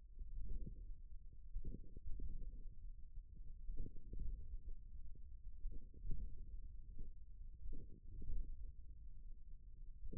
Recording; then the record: forearm muscle sounds (acoustic myography)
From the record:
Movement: thumb flexion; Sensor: system 1, eight BSWA MPA416 microphones around the upper forearm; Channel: 6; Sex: male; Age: 41 years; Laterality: right